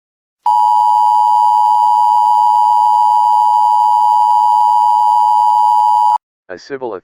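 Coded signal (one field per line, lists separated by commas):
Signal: Emergency Alert System (SAME) tones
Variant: 853 and 960 Hz attention tone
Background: speech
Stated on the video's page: Fictional EAS scenario, a simulated alert rather than a real broadcast.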